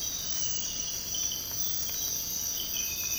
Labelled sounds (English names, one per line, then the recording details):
none
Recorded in secondary vegetation near Puerto Asís, Putumayo, Colombia, on 24 March 2025 at 06:00
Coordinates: 0.502, -76.326
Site G100